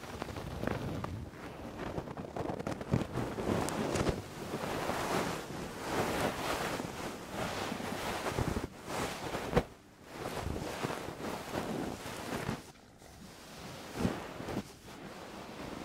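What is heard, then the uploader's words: A fluffy microphone cover is scratched and brushed close to the mic, making a dense, rustling scrape that fills the low and middle range with a rumbling, wind-like texture. The strokes come continuously with brief pauses near 9.5 and 12.5 seconds, then resume. ASMR DEEP 3Dio FLUFFY Mic Scratching and Brushing with Covers.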